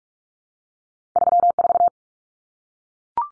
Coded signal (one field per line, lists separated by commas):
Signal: Morse code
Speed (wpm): 44 wpm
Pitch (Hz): 700 Hz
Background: none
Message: 34